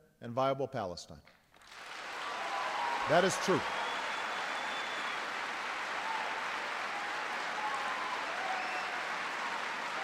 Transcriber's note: applause